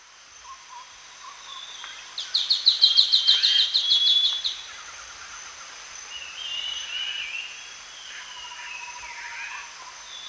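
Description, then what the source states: Scaly-crowned Babbler giving a fast series of sharp, high notes lasting about two and a half seconds, followed by softer warbling bird calls against a steady high-pitched insect drone. Danum, Borneo; recorded 1 January 2008.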